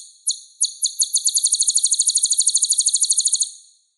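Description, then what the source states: Olive-backed sunbird song: a few spaced sharp notes speed up into a rapid, even, high trill lasting about two seconds, then stop. Clear sound.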